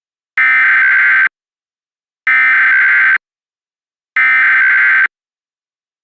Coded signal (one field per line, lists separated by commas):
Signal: Emergency Alert System (SAME) tones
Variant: header bursts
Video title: EAS Reenactment Mock: "Would you. Could You. On A Train?" - 09/27/2016